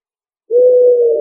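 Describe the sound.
Pigeon giving a single low, sustained coo, level in pitch and slightly wavering, lasting under a second.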